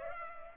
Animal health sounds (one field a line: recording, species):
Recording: mosquito wingbeat signal from an infrared sensor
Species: Culex pipiens